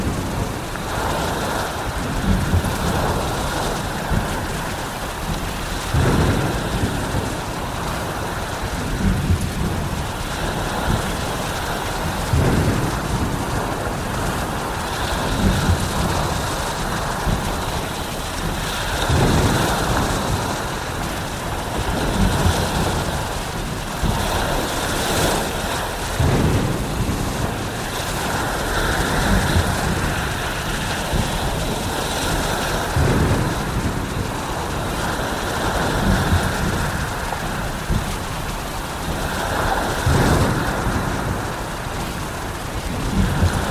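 A storm at sea, with a dense, steady wash of rain and surf filling the whole range. Low rolling rumbles swell up every few seconds, heavier around 6, 19 and 25 seconds, while bright hiss and spatter stay constant on top.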